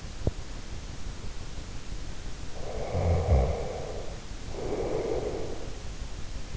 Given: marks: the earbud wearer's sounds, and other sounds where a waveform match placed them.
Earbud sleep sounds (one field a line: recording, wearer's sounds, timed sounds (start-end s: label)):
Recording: sounds in sleep by an in-ear microphone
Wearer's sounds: teeth grinding, snoring breath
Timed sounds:
0.07-0.69 s: teeth grinding
2.60-5.69 s: snoring breath